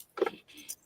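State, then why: Not seated. A jewelry clasp on a jewelry piece is closed into its catch close to the mic, giving a brief jangling rustle around 0.2–0.3 s and a faint bright tick-like sound near 0.7 s. The clasp has not clicked yet.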